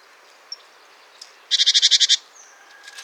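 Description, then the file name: Great tit call, a single harsh buzzy rattle of about eight quick pulses, preceded by soft faint ticks and followed by a thin drawn-out note. "Parus major"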